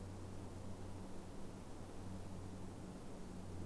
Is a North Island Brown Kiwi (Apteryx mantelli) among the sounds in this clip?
no